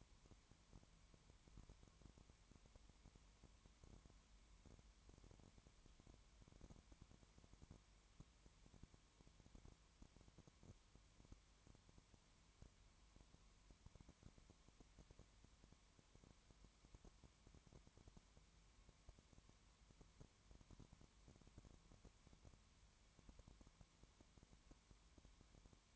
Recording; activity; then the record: daily activity, microphone in the room; no activity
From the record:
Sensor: 3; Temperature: 20.1 degrees Celsius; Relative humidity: 31.3%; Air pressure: 1001.2 hPa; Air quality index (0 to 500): 74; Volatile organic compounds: 1 ppm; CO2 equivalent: 697 ppm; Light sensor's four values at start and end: 2/3/2/2 and 2/3/2/2